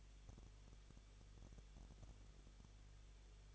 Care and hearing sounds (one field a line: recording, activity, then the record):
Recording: daily activity, microphone in the room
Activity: no activity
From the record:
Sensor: 4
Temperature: 23.0 degrees Celsius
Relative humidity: 34.3%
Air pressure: 1007.3 hPa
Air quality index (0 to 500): 213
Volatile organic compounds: 14 ppm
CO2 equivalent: 2460 ppm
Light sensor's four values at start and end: 2/3/1/1 and 2/3/1/1